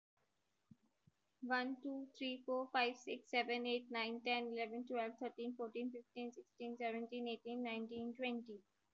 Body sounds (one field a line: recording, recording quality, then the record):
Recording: counting at a fast pace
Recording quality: excellent, no background noise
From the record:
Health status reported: healthy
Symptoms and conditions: none ticked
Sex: female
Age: 27 years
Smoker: not ticked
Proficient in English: yes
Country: India